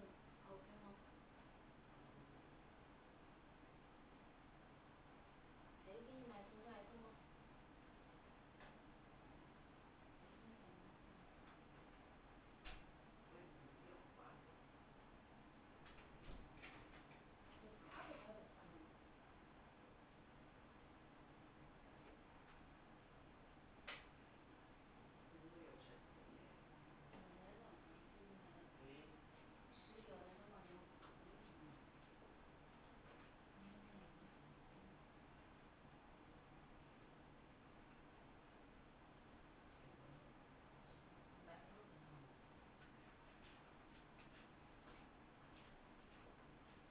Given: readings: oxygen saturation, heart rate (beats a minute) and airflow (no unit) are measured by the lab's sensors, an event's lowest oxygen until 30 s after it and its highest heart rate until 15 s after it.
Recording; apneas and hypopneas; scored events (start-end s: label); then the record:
a person awake in a sleep study, by a voice recorder at the bedside; none
0.00-46.91 s: awake
0.00-46.91 s: awake
From the record:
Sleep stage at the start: awake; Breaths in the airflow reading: 13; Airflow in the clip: -0.7 to 0.7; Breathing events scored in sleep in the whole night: 328 in 6.3 hours asleep